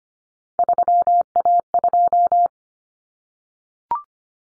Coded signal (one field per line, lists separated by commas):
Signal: Morse code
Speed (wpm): 25 wpm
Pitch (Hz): 700 Hz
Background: none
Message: 3A2